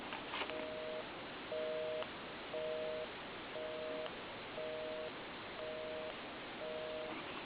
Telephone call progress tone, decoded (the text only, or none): busy tone